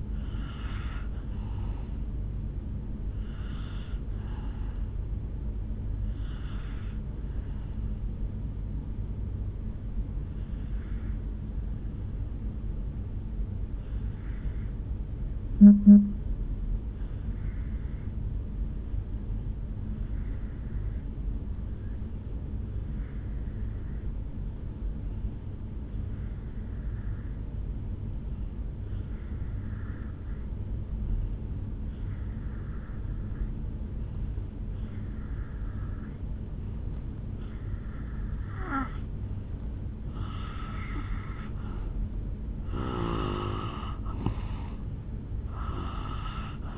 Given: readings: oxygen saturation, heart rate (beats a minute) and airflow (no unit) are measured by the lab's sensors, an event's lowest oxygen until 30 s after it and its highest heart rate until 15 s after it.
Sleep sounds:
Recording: breathing in sleep by a smartphone at the bedside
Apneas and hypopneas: 1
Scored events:
14.00-41.70 s: obstructive apnea (N2, oxygen 97% highest, then 83% lowest, heart rate 53 at the start, 70 highest)
From the record:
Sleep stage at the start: N2 (light sleep)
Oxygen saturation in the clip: 82 to 97%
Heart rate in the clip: 53 to 73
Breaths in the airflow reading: 5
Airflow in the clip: -8.9 to 3.9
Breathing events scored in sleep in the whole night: 449 in 7.0 hours asleep

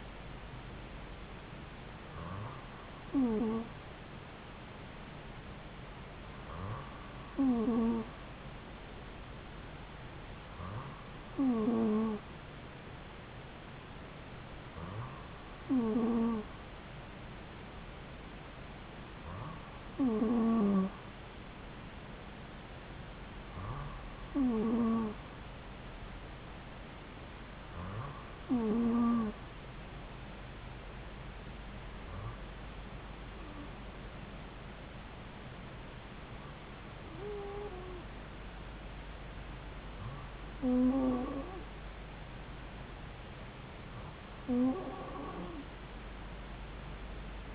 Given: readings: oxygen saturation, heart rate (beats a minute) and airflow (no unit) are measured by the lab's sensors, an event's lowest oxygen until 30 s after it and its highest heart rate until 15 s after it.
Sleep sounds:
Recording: breathing in sleep by a voice recorder at the bedside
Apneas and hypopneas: none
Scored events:
none scored
From the record:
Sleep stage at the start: N2 (light sleep)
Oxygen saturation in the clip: 94%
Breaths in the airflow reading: 11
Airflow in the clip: -2.7 to 2.1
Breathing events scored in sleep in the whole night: 270 in 6.1 hours asleep

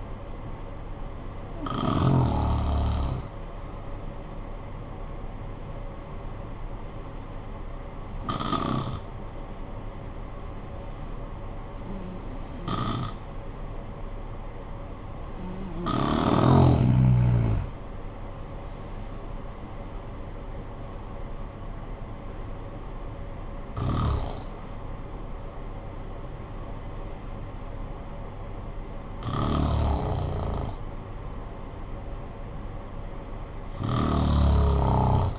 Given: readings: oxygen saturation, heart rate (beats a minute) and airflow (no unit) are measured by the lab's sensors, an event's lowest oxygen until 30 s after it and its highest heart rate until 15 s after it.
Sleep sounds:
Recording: breathing in sleep by a smartphone at the bedside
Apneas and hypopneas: 1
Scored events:
5.00-18.90 s: hypopnea (N1, oxygen 96% highest, then 89% lowest, heart rate 54 at the start, 77 highest)
From the record:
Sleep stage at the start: N1 (lightest sleep)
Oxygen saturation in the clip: 90 to 96%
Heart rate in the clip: 51 to 77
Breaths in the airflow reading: 7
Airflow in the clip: -12.5 to 12.5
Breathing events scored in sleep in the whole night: 445 in 7.6 hours asleep

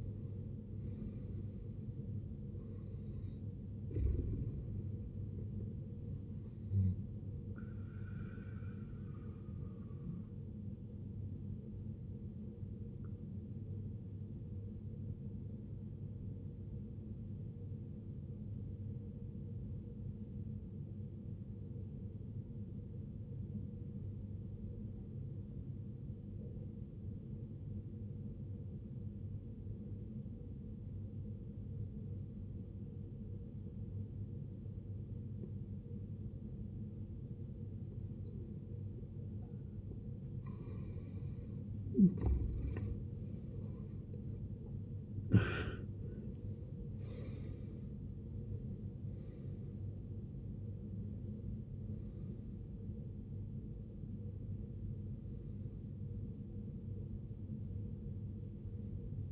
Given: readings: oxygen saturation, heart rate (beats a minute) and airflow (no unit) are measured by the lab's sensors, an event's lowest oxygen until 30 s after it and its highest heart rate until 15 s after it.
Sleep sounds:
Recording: breathing in sleep by a smartphone at the bedside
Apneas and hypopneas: 1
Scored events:
18.00-42.00 s: obstructive apnea (N1, oxygen 95% highest, then 75% lowest, heart rate 68 at the start, 81 highest)
26.00-56.00 s: new sleep stage, N2 (light sleep)
56.00-59.32 s: new sleep stage, N1 (lightest sleep)
From the record:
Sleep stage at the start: N1 (lightest sleep)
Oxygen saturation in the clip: 77 to 95%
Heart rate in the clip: 52 to 81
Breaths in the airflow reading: 9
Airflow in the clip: -17.1 to 13.8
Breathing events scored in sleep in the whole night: 389 in 6.3 hours asleep

